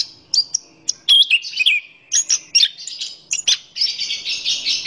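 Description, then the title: Orange-headed thrush song: a varied stream of sharp chirps, slurred whistles and scratchy notes, ending in a dense buzzy warble. Singing in full, energetic voice. "Anis Kembang Gacor"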